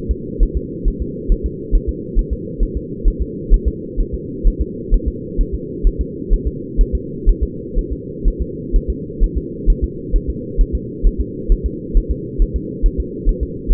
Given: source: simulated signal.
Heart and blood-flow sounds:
fetal heart sounds
0.11 s: S2
0.43 s: S1
0.57 s: S2
0.88 s: S1
1.02 s: S2
1.32 s: S1
1.46 s: S2
1.75 s: S1
1.89 s: S2
2.19 s: S1
2.33 s: S2
2.63 s: S1
2.77 s: S2
3.08 s: S1
3.22 s: S2
3.54 s: S1
3.68 s: S2
4.00 s: S1
4.14 s: S2
4.47 s: S1
4.61 s: S2
4.94 s: S1
5.08 s: S2
5.41 s: S1
5.55 s: S2
5.87 s: S1
6.01 s: S2
6.33 s: S1
6.47 s: S2
6.81 s: S1
6.95 s: S2
7.29 s: S1
7.43 s: S2
7.78 s: S1
7.92 s: S2
8.28 s: S1
8.42 s: S2
8.76 s: S1
8.90 s: S2
9.24 s: S1
9.38 s: S2
9.70 s: S1
9.84 s: S2
10.16 s: S1
10.30 s: S2
10.61 s: S1
10.75 s: S2
11.07 s: S1
11.21 s: S2
11.52 s: S1
11.66 s: S2
11.97 s: S1
12.11 s: S2
12.42 s: S1
12.56 s: S2
12.86 s: S1
13.00 s: S2
13.29 s: S1
13.43 s: S2
13.72 s: S1
From the record:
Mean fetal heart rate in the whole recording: 130 bpm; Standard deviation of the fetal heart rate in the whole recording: 4 bpm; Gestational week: 38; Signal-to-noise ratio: -4.1 dB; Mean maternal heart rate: no maternal heart sound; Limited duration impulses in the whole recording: absent

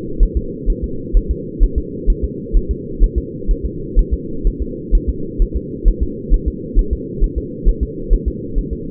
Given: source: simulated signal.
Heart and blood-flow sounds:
fetal heart sounds
0.23 s: S1
0.37 s: S2
0.70 s: S1
0.84 s: S2
1.17 s: S1
1.31 s: S2
1.64 s: S1
1.78 s: S2
2.10 s: S1
2.25 s: S2
2.57 s: S1
2.71 s: S2
3.03 s: S1
3.18 s: S2
3.51 s: S1
3.66 s: S2
3.99 s: S1
4.14 s: S2
4.47 s: S1
4.62 s: S2
4.95 s: S1
5.09 s: S2
5.42 s: S1
5.56 s: S2
5.88 s: S1
6.03 s: S2
6.34 s: S1
6.48 s: S2
6.79 s: S1
6.93 s: S2
7.24 s: S1
7.38 s: S2
7.69 s: S1
7.83 s: S2
8.14 s: S1
8.28 s: S2
8.59 s: S1
8.73 s: S2
From the record:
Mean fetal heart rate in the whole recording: 130 bpm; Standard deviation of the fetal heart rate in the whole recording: 2 bpm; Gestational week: 38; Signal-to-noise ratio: -4.3 dB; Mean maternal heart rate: 72 bpm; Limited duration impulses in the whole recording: absent

